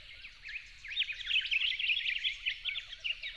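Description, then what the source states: Yellow-faced honeyeater chirping in a rapid, tumbling phrase that peaks midway. At dawn, 08/01/12.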